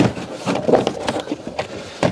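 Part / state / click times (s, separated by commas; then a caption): plastic trim poppers in car interior panel / released / 0.9 s, 1.1 s, 1.6 s, 2.0 s. An interior trim panel or lining in a Fiat 500 or Abarth, being worked on to replace the Blue & Me ECU module, is pulled free of its plastic push-in poppers. Sharp pops ring out at 0.9, 1.1, 1.6 and 2.0 seconds as the clips release, and the panel comes loose.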